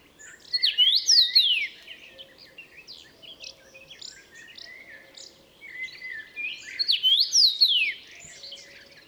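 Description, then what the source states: Common rosefinch whistling its slurred, rising and falling phrase twice, about six seconds apart, with steady quieter twittering between. Recorded 29 May 2014 at Murnauer Moos.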